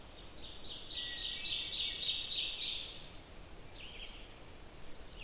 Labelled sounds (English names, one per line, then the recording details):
Ovenbird song
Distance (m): 25 m
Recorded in boreal forest in Alberta, Canada, on 28 June 2016 at 06:39
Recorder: SongMeter 3, array SBT-6-79
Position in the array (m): 49 m, 110 m
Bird 40